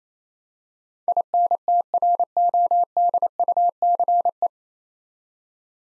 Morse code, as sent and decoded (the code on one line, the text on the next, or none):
.. -. - .-. --- -.. ..- -.-. .
INTRODUCE